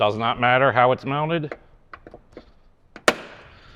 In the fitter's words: Just make sure it clicks in and it's solid.